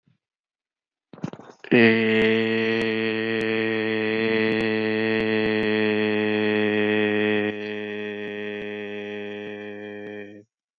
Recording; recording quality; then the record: sustained vowel as in made; excellent, no background noise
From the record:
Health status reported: healthy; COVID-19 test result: not tested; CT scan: not taken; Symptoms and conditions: cold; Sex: male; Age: 29 years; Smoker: no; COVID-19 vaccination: one dose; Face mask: not worn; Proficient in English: yes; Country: India